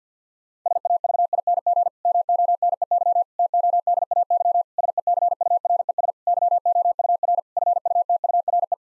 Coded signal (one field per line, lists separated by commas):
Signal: Morse code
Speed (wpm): 50 wpm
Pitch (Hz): 700 Hz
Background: none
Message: SAVING MONEY TODAY SECURES YOUR FUTURE